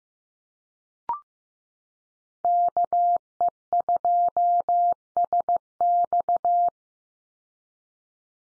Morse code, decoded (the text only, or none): KE2SX